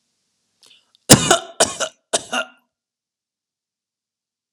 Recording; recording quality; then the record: heavy voluntary cough; excellent, no background noise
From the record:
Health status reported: healthy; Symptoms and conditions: none ticked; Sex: male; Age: 42 years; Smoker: not ticked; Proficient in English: yes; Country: India